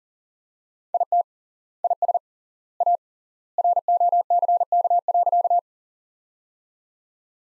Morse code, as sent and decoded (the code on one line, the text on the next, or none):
.. - / .. ... / .- / .-. --- -.-. -.- .-.-.-
IT IS A ROCK.